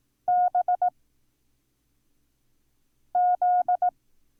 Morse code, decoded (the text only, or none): B Z